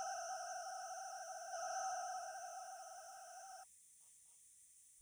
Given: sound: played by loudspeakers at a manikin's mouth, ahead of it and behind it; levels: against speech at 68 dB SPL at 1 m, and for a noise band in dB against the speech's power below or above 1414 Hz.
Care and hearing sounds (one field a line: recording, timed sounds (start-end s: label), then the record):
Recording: test signals for a remote microphone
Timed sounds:
0.00-3.63 s: four noise bands (707, 1414, 2828 and 5656 Hz), 50 dB SPL
From the record:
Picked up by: remote microphone C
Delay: 23 ms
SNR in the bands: 32 dB at 707 Hz, 27 dB at 1414 Hz, 14 dB at 2828 Hz, 22 dB at 5656 Hz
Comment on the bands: gain adaptation more progressive through entire signal